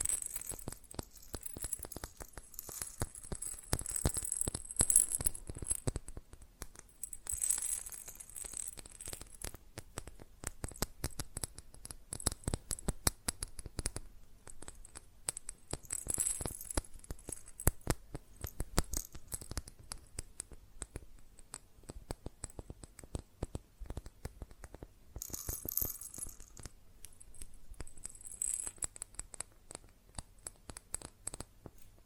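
Fast tapping on glass and ceramic objects, a dense run of sharp clicks and taps that continues for the whole stretch at an uneven, rapid pace. Bright ringing flurries stand out around 4–5, 16 and 25–26 seconds, with quieter, sparser tapping between.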